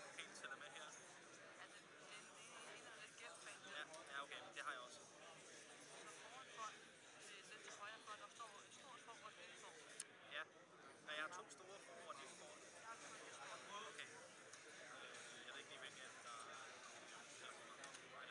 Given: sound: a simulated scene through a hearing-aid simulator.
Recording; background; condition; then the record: conversation; cafeteria; -4 dB SNR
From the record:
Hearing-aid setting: IV (slow-acting compression, loudness normalization); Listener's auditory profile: D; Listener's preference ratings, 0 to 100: 35, 19, 18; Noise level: 65 dB SPL